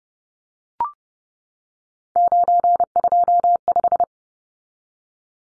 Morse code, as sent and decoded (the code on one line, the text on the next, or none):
----. ..--- .....
925